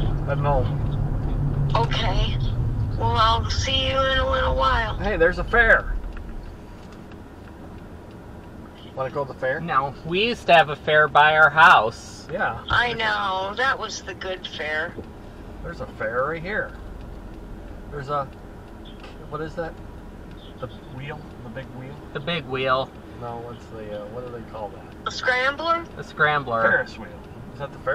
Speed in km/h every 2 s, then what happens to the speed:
45, 31, 13, 0, 0, 0, 0, 0, 0, 0, 0, 0, 0, 0.
0-5 brakes to 0. 5-28 standing.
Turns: none.